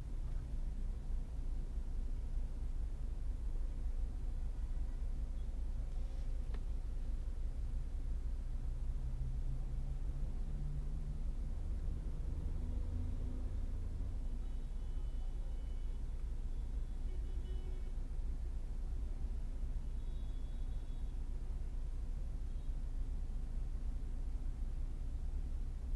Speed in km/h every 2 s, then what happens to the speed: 0, 0, 0, 0, 0, 0, 0, 0, 0, 0, 0, 0, 0.
0-26 standing.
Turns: none.